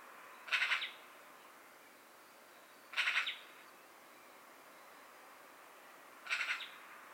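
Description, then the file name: Eurasian magpie giving harsh, rasping chattering bursts, each a quick run of a few rattled notes, three bursts spaced roughly three seconds apart over quiet background. "Pica pica"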